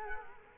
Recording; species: mosquito wingbeat signal from an infrared sensor; Culex quinquefasciatus